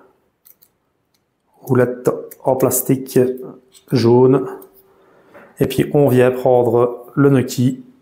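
A Nuki Smart Lock Ultra smart lock body is handled as it is about to be set onto its mounting plate on the door cylinder, while someone talks throughout. A few faint short ticks occur near 0.5 s and 0.6 s. Nothing has seated or clicked yet, since the clip ends just before the lock body goes home.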